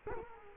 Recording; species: mosquito wingbeat signal from an infrared sensor; Culex quinquefasciatus